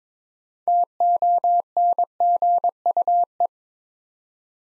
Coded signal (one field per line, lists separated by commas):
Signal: Morse code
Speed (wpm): 23 wpm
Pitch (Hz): 700 Hz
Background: none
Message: TONGUE